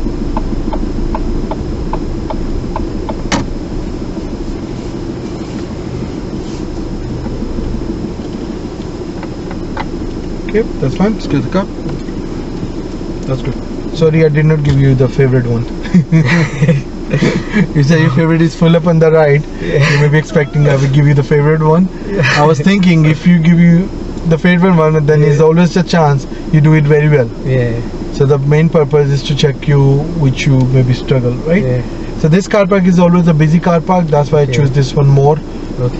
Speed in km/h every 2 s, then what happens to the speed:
5, 3, 0, 0, 0, 0, 0, 0, 0, 0, 0, 0, 0, 0, 0, 0, 0, 0.
3-36 standing.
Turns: none.